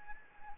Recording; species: mosquito wingbeat signal from an infrared sensor; Anopheles arabiensis